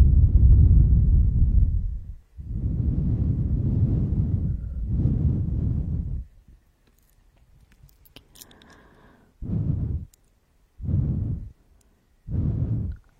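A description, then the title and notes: Heavy breaths rush in and out, long deep exhales in the first six seconds, then a quiet gap with a few faint clicks and a brief bright tick. Three shorter, sharper gasps follow at regular intervals near the end. The sound of breathing and gasping.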